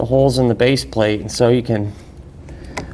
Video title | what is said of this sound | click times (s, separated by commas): etrailer - Breaking Down the Replacement Cover for Demco Tabless Base Plates | pop that in, rotate it, you'll feel it kind of click into place, | 2.8 s